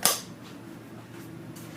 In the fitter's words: all you do with this you pull that locks in place